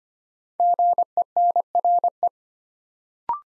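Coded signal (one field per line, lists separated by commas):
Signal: Morse code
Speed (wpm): 25 wpm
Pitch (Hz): 700 Hz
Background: none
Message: GENRE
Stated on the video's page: Morse code practice at 25 wpm, building five-letter words one letter at a time for instant character recognition.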